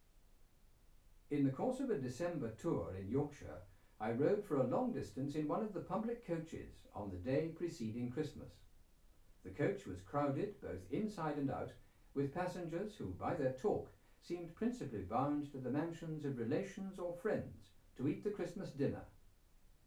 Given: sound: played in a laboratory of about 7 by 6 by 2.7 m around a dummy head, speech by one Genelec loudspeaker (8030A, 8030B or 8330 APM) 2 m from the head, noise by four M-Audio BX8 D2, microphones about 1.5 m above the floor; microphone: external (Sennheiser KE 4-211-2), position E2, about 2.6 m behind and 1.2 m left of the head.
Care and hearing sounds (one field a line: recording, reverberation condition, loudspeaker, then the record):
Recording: male speech in English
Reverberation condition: low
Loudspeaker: 90 degrees to the left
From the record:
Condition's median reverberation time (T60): about 310 ms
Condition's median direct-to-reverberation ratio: about 3.5 dB